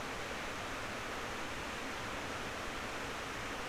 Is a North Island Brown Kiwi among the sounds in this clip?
no